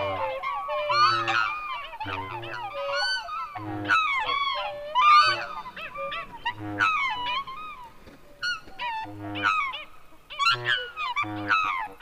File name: Black Swan